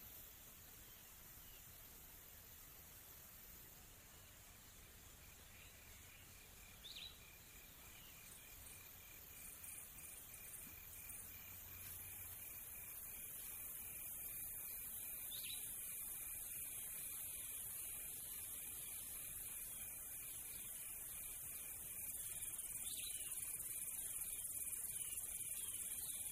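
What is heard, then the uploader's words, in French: A farm scene carried by a steady, high, dense chirring of crickets or insects that grows slightly louder toward the end. Short bright bird chirps stand out near 7, 15 and 23 seconds, while a low rumble sits underneath during the first twelve seconds. A la ferme avec ses animaux.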